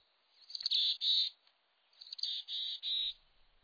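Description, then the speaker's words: Mountain chickadee call, a husky, buzzy series of hoarse notes given twice, each phrase a few rough syllables, with quiet between. Husky voice, heard among conifers in the Rockies. "Hike among conifers in the Rockies, and you'll be greeted by the husky voice of a mountain chickadee."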